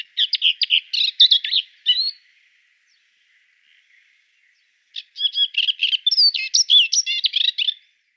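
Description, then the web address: Moustached warbler song: two bursts of fast, scratchy, varied chattering notes, about three seconds apart, with a quiet pause between. "Schulze Peter Moustached Warbler song"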